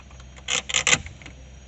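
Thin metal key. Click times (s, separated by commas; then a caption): 0.8 s, 0.9 s. A thin metal radio removal key is pushed into the release slot on one side of a Ford F250 factory stereo, with a bright scraping burst around 0.5 s followed by sharp clicks at 0.8 and 0.9 s. The key seats into the release clip.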